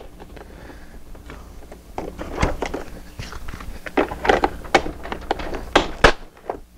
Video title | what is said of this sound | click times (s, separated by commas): Justice League Movie 6" Flying Fox Mobile Command Playset Review | the same on this side and they pop into place | 4.8 s, 5.8 s